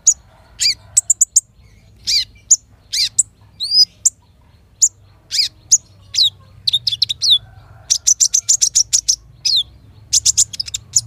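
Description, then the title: Van Hasselt's sunbird singing a rapid series of thin, high, sharp chirps and short buzzy trills in bursts, with brief pauses, over a faint low hum. Caged bird at the 'ijoan' stage, singing a steady 'gacor' song used as a lure and training therapy for other caged birds of its kind. "KOLIBRI NINJA KONIN IJOAN GACOR COCOK UNTUK PANCINGAN TERAPI KONIN"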